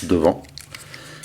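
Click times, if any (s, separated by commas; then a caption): 0.8 s, 0.9 s. A plastic panel on a transforming robot figure, being converted to beast mode, is rotated and clipped into the figure's body at the front and then also clips in at the back. Someone talks at the start, then two short sharp clicks are heard at 0.8 s and 0.9 s as the panel seats. It needs to be pressed firmly to clip in.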